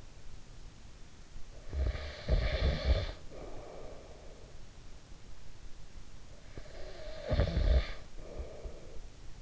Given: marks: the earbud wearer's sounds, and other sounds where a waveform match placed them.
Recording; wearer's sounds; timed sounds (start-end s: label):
sounds in sleep by an in-ear microphone; snoring breath
1.13-4.85 s: snoring breath
6.05-9.42 s: snoring breath